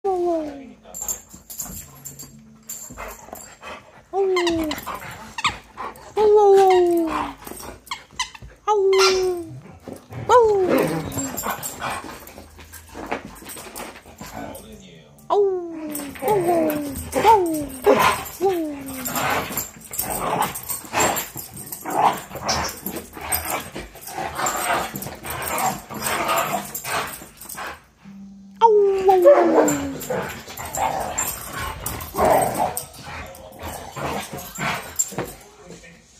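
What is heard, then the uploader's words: Two dogs play, trading yips, whines and sharp barks in quick bursts with short pauses between. Scuffling and panting fill the gaps, busiest from about 16 to 28 seconds, and a fresh round of yelping starts near 29 seconds. Two dogs playing happy. Here's some pre dinner chaos.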